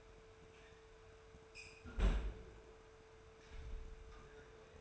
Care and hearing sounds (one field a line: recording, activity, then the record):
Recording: daily activity, microphone in the room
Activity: close fridge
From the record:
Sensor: 2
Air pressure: 1014.8 hPa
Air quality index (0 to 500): 196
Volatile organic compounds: 17 ppm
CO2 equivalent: 2594 ppm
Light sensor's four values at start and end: 25/61/26/29 and 26/63/27/30